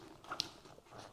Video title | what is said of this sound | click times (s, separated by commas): Cardo Packtalk Pro Tested – Crash Detection, Sound Upgrade & Verdict! | Making sure you do hear that click. | 0.4 s